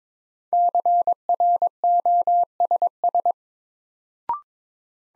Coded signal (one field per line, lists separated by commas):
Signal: Morse code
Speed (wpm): 22 wpm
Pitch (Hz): 700 Hz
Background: none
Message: CROSS